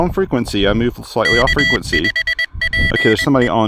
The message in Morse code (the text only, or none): K5PE